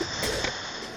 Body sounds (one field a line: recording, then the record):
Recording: coughing mixed with background sound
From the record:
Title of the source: 55 gaggy wet cough